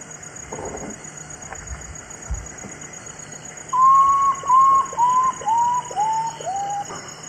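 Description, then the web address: Common potoo song: six whistles, each slightly lower than the last, a descending series lasting about three seconds after a quiet start. Eastern lowlands of South America. "ENTER Music and Audio. Nature Songs S America Eastern Lowlands. Common Potoo"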